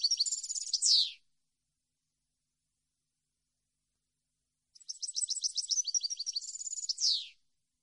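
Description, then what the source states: European goldfinch: the tail of a twittering phrase, then quiet for over three seconds, then a jingling run of chirps and trills ending in a falling slur. Clean song compiled on a CD, intended for birds to copy.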